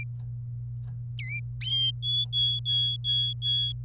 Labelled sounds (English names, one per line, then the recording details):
Domestic Canary song
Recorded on 27 April 2018 at 08:27
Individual llb3